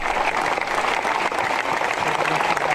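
Sustained applause from a large crowd of hundreds at a funeral in the Pesaro area for a 17-year-old killed out of jealousy. The clapping is a dense, steady wash at an even loudness with no pauses, and no talking over it.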